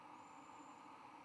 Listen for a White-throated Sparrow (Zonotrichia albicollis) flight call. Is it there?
no